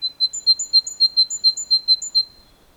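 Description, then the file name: Great tit calling with a clear, rhythmic string of high notes that alternate between two pitches for a little over two seconds. "Parus major"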